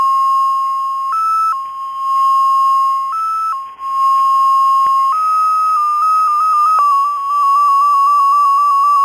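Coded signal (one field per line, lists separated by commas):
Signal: numbers station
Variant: XPA2 MFSK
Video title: XPA2 - 2120z 27 July 2014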